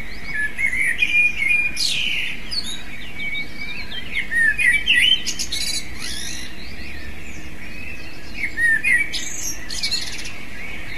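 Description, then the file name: Eurasian blackbird singing short phrases of rich whistled notes that break into squeaky twitters, then falling quiet for a few seconds before another short phrase. "merle"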